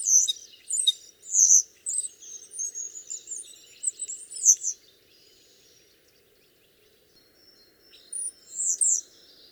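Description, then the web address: Common starling song: a run of varied high whistles, chirps and rattles for about five seconds, a quiet pause, then a brief bright whistled phrase near the end. "geluiden spreeuw zang"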